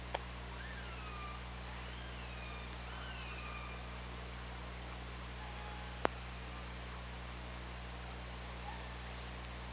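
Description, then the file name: Killer whale calls: several wavering, arching tonal sweeps in quick succession early on, later fainter ones, over constant hiss, low hum and two sharp clicks. Recorded by OrcaLab hydrophone on 24 August 2017 at 15:02. "Orca Lab UTLN JASON 20170824 150247"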